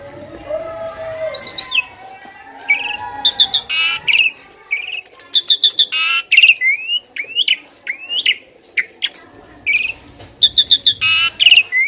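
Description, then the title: Asian pied starling song: a long, busy run of varied whistles, sharp chirps and upslurred notes, with harsher bursts scattered throughout and a faint low background hum. Masteran (training) audio meant to make birds that sing too little, and sluggish birds, sing more. "Masteran Jalak Suren Atasi Burung KURANG GACOR Dan LOYO"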